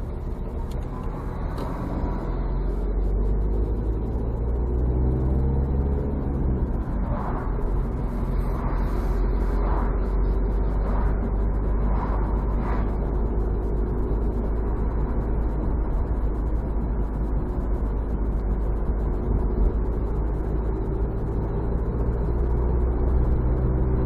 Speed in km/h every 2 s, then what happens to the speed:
18, 20, 31, 33, 32, 35, 37, 38, 38, 36, 39, 44.
0-12 speeds up to 37. 12-19 steady at about 37. 19-24 speeds up to 44.